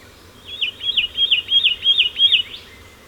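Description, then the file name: Satin flycatcher giving a rapid, steady series of several whistled, looping notes. "Myiagra Cyanoleuca"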